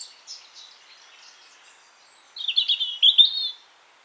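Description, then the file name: European robin song, soft faint notes at first, then a loud wavering high warbled phrase lasting about a second. "Erithacus rubecula"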